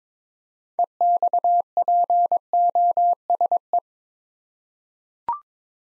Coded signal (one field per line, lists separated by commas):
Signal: Morse code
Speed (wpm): 23 wpm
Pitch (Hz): 700 Hz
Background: none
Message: EXPOSE